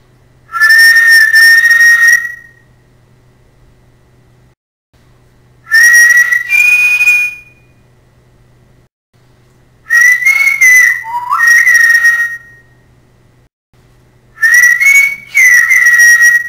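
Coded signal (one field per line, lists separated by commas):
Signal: whistled language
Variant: Silbo Gomero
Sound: four short whistled phrases around 2 kHz with slight pitch bends, separated by pauses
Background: low hum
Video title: SILBO GOMERO DEL MUNDO: NOMBRES PROPIOS DE ABORÍGENES CANARIOS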